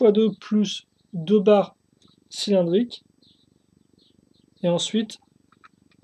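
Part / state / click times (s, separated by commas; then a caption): plastic building bricks into a toy spaceship body / not seated / none. Plastic LEGO bricks are handled and pressed together on a toy spaceship model while someone talks. Faint small ticks follow near the end, but nothing has seated or clicked yet.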